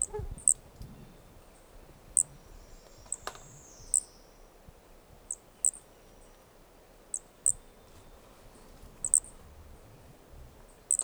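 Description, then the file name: Brachycephalus toadlet calls: repeated short high pips at irregular intervals, a faint falling whistle heard early on, steady soft background hiss. Two individuals (4 and 5) of an unidentified Brachycephalus species recorded at Corcovado; the first two notes of the call are missing. "Brachycephalus sp ind 4 ind 5 Corcovado two starting notes lost"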